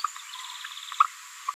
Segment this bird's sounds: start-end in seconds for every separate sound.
1.00-1.04, 1.48-1.50